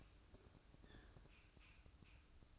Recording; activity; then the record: daily activity, microphone in the room; open fridge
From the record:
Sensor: 2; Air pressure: 1007.6 hPa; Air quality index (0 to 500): 61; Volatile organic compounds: 1 ppm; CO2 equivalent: 596 ppm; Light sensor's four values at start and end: 10/23/10/10 and 10/23/10/10